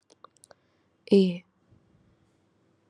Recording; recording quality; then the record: sustained vowel as in made; excellent, no background noise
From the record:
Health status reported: COVID-19 positive, moderate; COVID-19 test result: positive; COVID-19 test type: RT-PCR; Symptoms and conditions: cough, cold, breathing difficulty, fever, muscle pain, loss of smell and taste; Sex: female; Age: 27 years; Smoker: no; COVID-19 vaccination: both doses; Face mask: not worn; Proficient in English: yes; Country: India